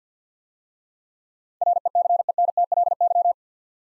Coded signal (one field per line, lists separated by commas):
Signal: Morse code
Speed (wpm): 47 wpm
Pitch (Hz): 700 Hz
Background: none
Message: RECENTLY